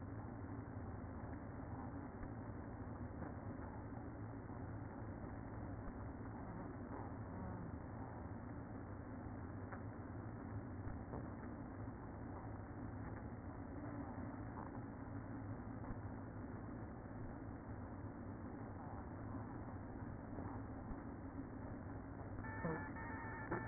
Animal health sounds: honeybee colony, microphone inside the hive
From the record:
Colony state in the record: queen present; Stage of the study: after two queens were removed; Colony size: about 60,000 bees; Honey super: yes

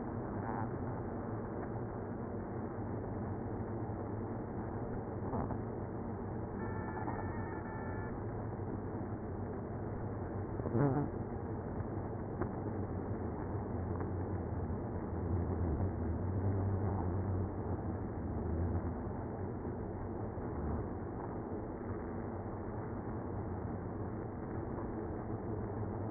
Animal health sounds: honeybee colony, microphone inside the hive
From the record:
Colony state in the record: queenless (queen removed); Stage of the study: after two queens were removed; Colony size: about 60,000 bees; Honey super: yes

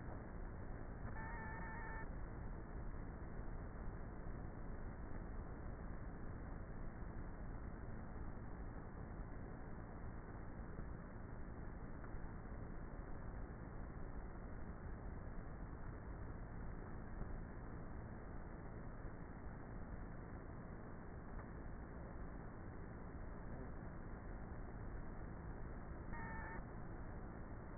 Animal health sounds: honeybee colony, microphone inside the hive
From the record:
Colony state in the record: queenless with a low population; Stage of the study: before two queens were removed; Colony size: about 30,000 bees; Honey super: no

